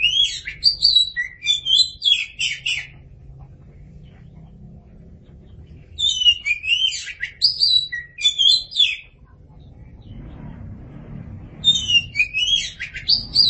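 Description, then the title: Oriental magpie-robin song in three separate bursts of high, varied whistles and chattering notes, each lasting a few seconds, with quiet low rumble between them. "Suara Kicauan Burung Kacer Durasi Panjang"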